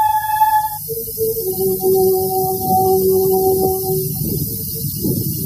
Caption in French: Des chercheurs ont placé un micro dans l'utérus d'une femme enceinte. Ils ont enregistré la manière dont les bébés entendaient les sons du monde extérieur. La 5e symphonie, par exemple. L'oreille interne est en place dès le 4e mois. À 6 mois, il réagit à la musique, comme on le constate en échographie.